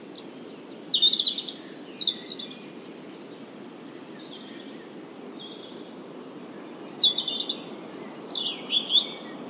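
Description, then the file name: European robin song in two bursts: high tinkling, twittering phrases with fast trills, separated by a pause of steady background noise. "Erithacus rubecula"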